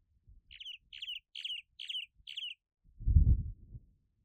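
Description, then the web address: Cuban martin calls, a run of five short chirps about half a second apart, followed by a low thump. "Cuban martin. صدای-پرنده-چلچله-کوبایی"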